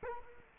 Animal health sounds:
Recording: mosquito wingbeat signal from an infrared sensor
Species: Culex quinquefasciatus

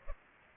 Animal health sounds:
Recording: mosquito wingbeat signal from an infrared sensor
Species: Culex pipiens

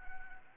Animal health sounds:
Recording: mosquito wingbeat signal from an infrared sensor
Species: Anopheles arabiensis

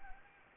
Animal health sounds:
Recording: mosquito wingbeat signal from an infrared sensor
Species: Anopheles gambiae

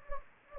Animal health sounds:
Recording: mosquito wingbeat signal from an infrared sensor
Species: Anopheles gambiae

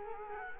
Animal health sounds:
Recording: mosquito wingbeat signal from an infrared sensor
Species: Culex quinquefasciatus

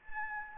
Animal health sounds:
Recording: mosquito wingbeat signal from an infrared sensor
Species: Anopheles gambiae

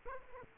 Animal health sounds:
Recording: mosquito wingbeat signal from an infrared sensor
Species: Aedes aegypti

